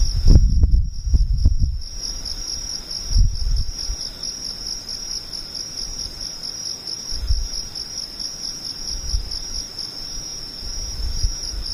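Insects buzz in a steady, high, unbroken trill that holds at one bright pitch for the whole twelve seconds. A second, higher shimmer sits above it. Low thumps and rumbles cluster in the first two seconds, then return briefly around three, seven, nine and eleven seconds.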